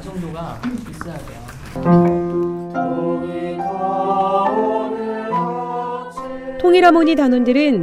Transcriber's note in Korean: 녹취: 연습 현장